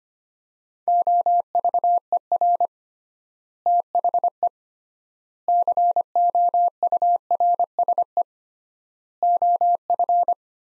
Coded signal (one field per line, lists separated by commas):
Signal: Morse code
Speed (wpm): 25 wpm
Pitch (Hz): 700 Hz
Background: none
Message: OVER THE COURSE OF